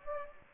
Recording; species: mosquito wingbeat signal from an infrared sensor; Anopheles gambiae